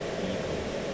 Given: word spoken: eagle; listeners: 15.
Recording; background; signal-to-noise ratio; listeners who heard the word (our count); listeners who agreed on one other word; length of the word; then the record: one English word in noise, from a listening test; speech-shaped noise; -6.1 dB; 2 of 15; 8 of 15; 0.54 s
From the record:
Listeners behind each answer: 8, 2, 1, 1, 1, 1, 1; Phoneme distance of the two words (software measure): 10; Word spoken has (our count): 2 syllables, 3 phonemes, stress on syllable 1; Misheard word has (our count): 2 syllables, 3 phonemes, stress on syllable 1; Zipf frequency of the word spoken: 4.11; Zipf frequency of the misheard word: 4.45